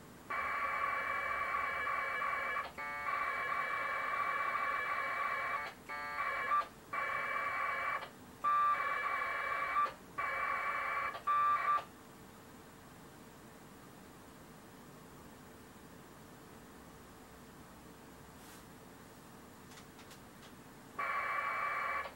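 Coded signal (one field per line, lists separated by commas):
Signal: packet radio (AX.25, as in APRS)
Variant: 1200 baud AFSK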